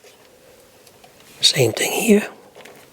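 A second plastic wire-harness connector on a Sunny Health & Fitness magnetic rowing machine is handled and pushed together the same way as the first. Someone talks briefly in the middle, with only faint handling ticks around it. Nothing has snapped or seated yet when the clip ends.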